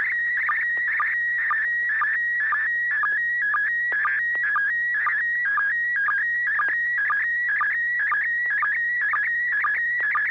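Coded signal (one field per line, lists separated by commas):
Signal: SSTV (slow-scan television)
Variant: PD120 mode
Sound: warbling tone shifting between high pitches with rhythmic short low chirps, steady hum beneath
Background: low hum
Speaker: are you ready to send a picture let me check for tone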